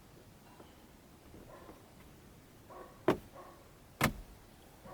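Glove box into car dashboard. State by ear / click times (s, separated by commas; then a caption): seated / 3.1 s, 4.0 s. After a cabin air filter change on a 2012 Toyota Corolla, the plastic glove box is pushed back into the dashboard. Its stops pop into place with two sharp hits at 3.1 and 4.0 seconds, with faint rustling and shuffling before them. The glove box is seated.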